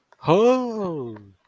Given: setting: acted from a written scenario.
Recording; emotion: vocal sound without words; awe